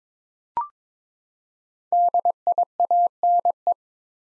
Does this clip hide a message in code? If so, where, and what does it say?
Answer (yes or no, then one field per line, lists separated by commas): yes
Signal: Morse code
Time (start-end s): 1.9-3.7 s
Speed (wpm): 21 wpm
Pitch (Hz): 700 Hz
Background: none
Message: DIANE